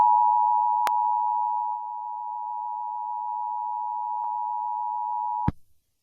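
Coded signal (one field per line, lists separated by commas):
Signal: Emergency Alert System (SAME) tones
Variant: 853 and 960 Hz attention tone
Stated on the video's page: Fictional EAS scenario alert warning that fog is coming.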